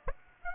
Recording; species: mosquito wingbeat signal from an infrared sensor; Aedes aegypti